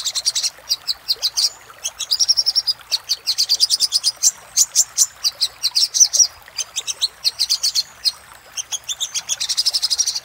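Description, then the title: Little spiderhunter song in choppy bursts of shrill repeated notes, some clusters faster and denser than others. Master recording used for training cage birds; Indonesian name sogok ontong labaik. "Masteran Burung Sogok Ontong Labaik"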